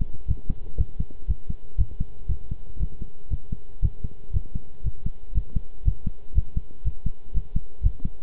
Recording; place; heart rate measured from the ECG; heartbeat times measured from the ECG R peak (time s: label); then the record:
heart sounds by stethoscope; between the tricuspid and mitral areas; 119 bpm
0.28 s: heartbeat
0.78 s: heartbeat
1.28 s: heartbeat
1.78 s: heartbeat
2.29 s: heartbeat
2.80 s: heartbeat
3.30 s: heartbeat
3.82 s: heartbeat
4.33 s: heartbeat
4.84 s: heartbeat
5.34 s: heartbeat
5.85 s: heartbeat
6.35 s: heartbeat
6.84 s: heartbeat
7.34 s: heartbeat
7.83 s: heartbeat
From the record:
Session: pedaling a stationary bicycle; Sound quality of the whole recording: good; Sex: male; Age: 23 years